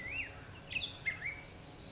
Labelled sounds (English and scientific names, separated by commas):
Black-headed Grosbeak (Pheucticus melanocephalus)